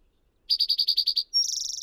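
Bird song: a rapid series of eight buzzy high notes, a short pause, then a thin whistle sliding into a fast, even, very high trill.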